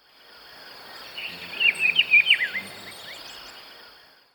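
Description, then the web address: Rufous-browed peppershrike giving one quick, warbling whistled phrase, with thin high chirps behind. Ecuador. "Birds of Ecuador. Rufous-browed Peppershrike"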